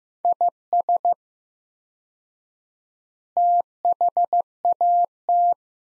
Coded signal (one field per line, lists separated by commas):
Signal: Morse code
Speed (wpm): 16 wpm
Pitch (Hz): 700 Hz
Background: none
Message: IS THAT